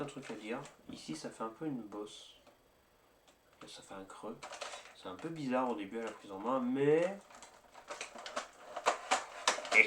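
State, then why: Seated. Someone talks while handling a toy blaster, and several small plastic clicks are heard from about 8.0 s. An adjustable grip or part on the blaster, which locks in many different directions, is moved into its locking position and clicks firmly into place at 9.5 s.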